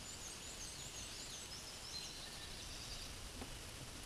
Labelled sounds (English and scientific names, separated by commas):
Black-and-white Warbler (Mniotilta varia) song